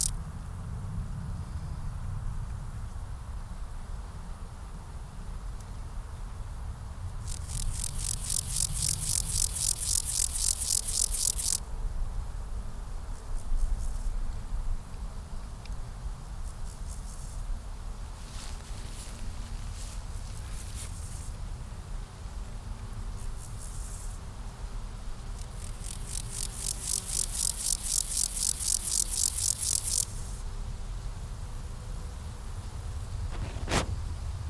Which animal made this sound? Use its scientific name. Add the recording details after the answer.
Chorthippus montanus. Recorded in the wild. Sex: male. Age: imago. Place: Summt, Brandenburg, DE. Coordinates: 52.682, 13.377. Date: 1996-10-19 12:58. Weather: sonnig, 11-12°C. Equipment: Sony MD-WM MZ-R3, Sennheiser MKH 416 T, Kopie Uher 4000 Report Monitor. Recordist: Tembrock, Günter